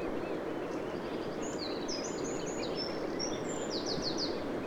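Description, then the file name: European robin song: thin, high whistled notes and quick trills in a varied phrase, over steady loud background noise. "Erithacus rubecula"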